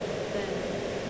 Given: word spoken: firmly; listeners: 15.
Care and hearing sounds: one English word in noise, from a listening test; speech-shaped noise; -6.6 dB; 1 of 15; 6 of 15; 0.70 s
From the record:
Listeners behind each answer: 6, 1, 1, 1, 1, 1, 1, 1, 1, 1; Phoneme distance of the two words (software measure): 34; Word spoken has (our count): 2 syllables, 5 phonemes, stress on syllable 1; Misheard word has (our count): 1 syllable, 3 phonemes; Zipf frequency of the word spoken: 4.00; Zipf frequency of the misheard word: 4.40

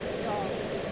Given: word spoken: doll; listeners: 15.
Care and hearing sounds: one English word in noise, from a listening test; speech-shaped noise; -4.4 dB; 0 of 15; 8 of 15; 0.52 s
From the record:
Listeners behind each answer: 8, 6, 1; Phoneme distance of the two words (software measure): 10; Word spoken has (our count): 1 syllable, 3 phonemes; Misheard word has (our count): 1 syllable, 3 phonemes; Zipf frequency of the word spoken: 4.07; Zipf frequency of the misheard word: 5.17

